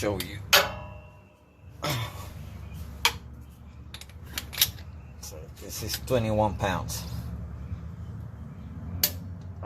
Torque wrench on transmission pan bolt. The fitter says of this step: like that you hit the click that's